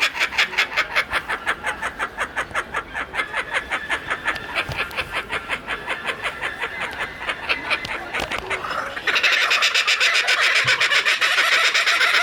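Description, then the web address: Kookaburra laugh, a long chain of rhythmic, chuckling hoots rolling on steadily, then swelling into a denser, louder burst of cackling. "cockabarra riendo"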